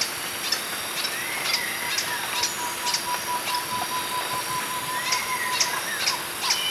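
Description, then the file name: Green hermit uttering quick, high squeaky notes in an irregular series, alongside rising whistles and a faint steady tone under constant hiss. "Phaethornis guy - Green Hermit"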